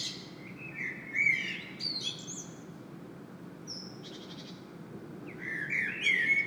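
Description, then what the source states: Common blackbird song: fluted whistles ending in thin high squeaks, a brief high buzzy note midway, then another mellow phrase, over low steady rumble. Singing bird in Saint-Gilles, Belgium; recorded with a Sony PCM-M10 internal microphone.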